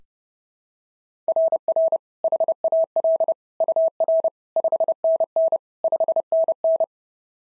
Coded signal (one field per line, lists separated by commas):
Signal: Morse code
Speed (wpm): 26 wpm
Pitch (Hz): 650 Hz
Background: none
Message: RR HAL UR 5NN 5NN